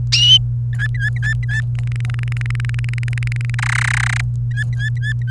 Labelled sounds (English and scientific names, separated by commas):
Domestic Canary (Serinus canaria) song